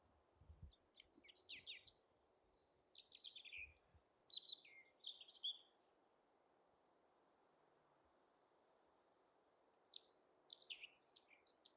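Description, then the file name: Eurasian blackcap singing quick, jumbled warbling phrases of high chirps and fluty notes, then a pause of several seconds before another short burst. "Sylvia atricapilla"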